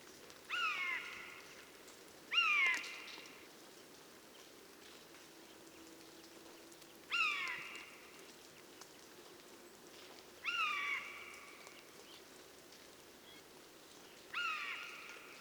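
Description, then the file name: Eurasian jay giving harsh, downward-slurred cries with a ringing tonal edge, five calls spaced unevenly about two to five seconds apart against a quiet background. "Garrulus glandarius"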